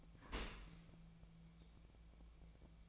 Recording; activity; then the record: daily activity, microphone in the room; open dishwasher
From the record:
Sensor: 1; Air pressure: 1000.5 hPa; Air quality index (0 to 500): 183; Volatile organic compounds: 4 ppm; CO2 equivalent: 1682 ppm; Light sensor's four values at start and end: 11/28/11/13 and 11/28/11/13